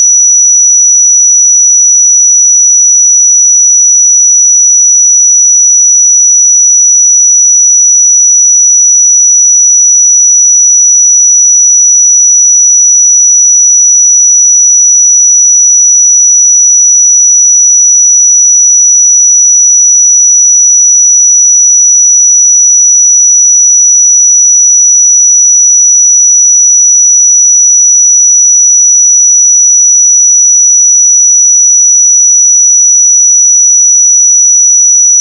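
A pure sine tone at 5886 Hz sounds without break for the whole 35 seconds. It is a single thin, high whistle that holds perfectly steady in pitch and loudness, with silence and no other sounds beneath it.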